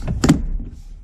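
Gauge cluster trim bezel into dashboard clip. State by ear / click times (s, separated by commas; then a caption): seated / 0.2 s. A section of the plastic gauge cluster surround trim bezel on a 2005 Chevy Corvette is pressed into its dashboard clip. A faint tap comes first, then a sharp snap at 0.2 s with a quick follow-up crack, and a quiet rustle after. The trim clip seats and snaps in.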